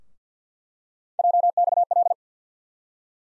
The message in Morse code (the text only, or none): JXL